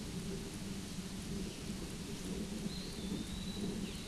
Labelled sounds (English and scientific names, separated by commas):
Eastern Wood-Pewee (Contopus virens) song